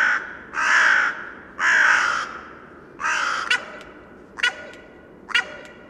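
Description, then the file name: Carrion crow cawing, a few long harsh caws followed by shorter clipped ones, roughly a second apart. "Corvus corone"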